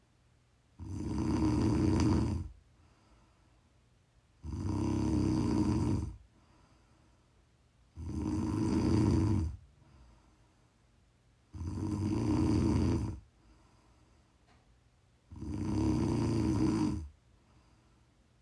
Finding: Prime ASMR snoring.